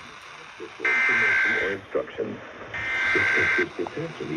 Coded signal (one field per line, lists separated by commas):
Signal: Emergency Alert System (SAME) tones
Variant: header bursts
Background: speech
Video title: Stop Doing Weeklies WJR!! EAS Tests From June 20-21, 2023